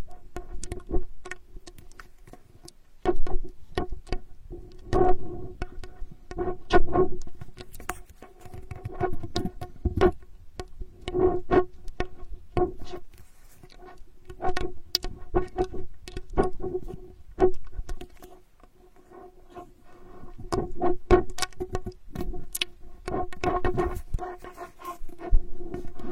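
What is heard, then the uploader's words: Straw therapy ear digging: a constant stream of sharp crackling, rustling pokes and scratches, dense and irregular, with bursts clustering every second or so. A faint steady tone hums underneath throughout, and a few louder scratchy flurries stand out around 5, 7 and 24 seconds. Unique straw therapy ear digging experience.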